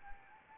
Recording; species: mosquito wingbeat signal from an infrared sensor; Anopheles arabiensis